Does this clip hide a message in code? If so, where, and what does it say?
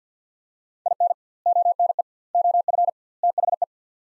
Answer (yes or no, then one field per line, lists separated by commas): yes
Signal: Morse code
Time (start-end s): 0.9-3.6 s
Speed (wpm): 50 wpm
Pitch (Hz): 700 Hz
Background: none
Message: IN ONE OF THE